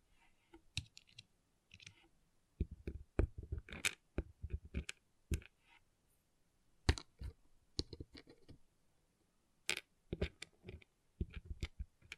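Small plastic pixel art beads click and clatter in irregular bursts, sharp bright ticks scattered across twelve seconds with brief quiet gaps between.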